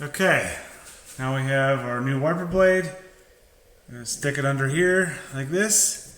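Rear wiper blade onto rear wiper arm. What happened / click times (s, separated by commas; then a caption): The wiper blade is being positioned but has not clicked onto the arm yet / none. A new rear wiper blade is placed under the hook of the rear wiper arm on a 2021 Chevy Blazer while someone talks. Only speech and handling are heard, and nothing has seated or clicked yet.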